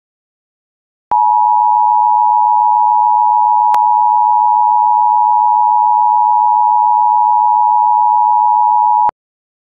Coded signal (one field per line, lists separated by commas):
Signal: Emergency Alert System (SAME) tones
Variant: 853 and 960 Hz attention tone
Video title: Fake EAS Tornado Warning (with real details!) SW Tennessee